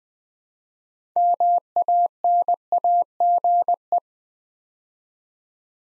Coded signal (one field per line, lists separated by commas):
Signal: Morse code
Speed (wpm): 20 wpm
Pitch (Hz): 700 Hz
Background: none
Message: MANAGE